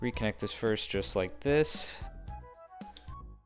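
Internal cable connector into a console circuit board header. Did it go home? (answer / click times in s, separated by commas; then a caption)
yes / 3.0 s. Someone talks while a small internal cable connector is pushed back into its header on a circuit board inside a Panasonic Q game console during reassembly for a Flippy Drive install. A tiny click is heard at 3.0 s as the connector seats.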